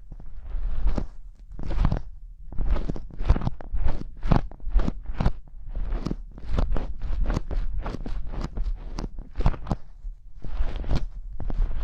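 Gloves being handled, with crisp crinkling bursts about twice a second over a steady low rumble, the rhythm briefly pausing near two seconds.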